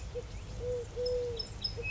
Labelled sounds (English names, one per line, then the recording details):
Eurasian Collared Dove
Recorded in Sonoma County, California